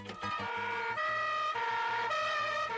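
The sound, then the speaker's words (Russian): A loud two-tone police siren alternates between high and low pitches about every half second, with a throbbing low rumble underneath and no voices, as a yellow Volga police car carrying several police officers quickly drives away. “В желтую «Волгу» садятся несколько милиционеров. Она быстро уезжает.”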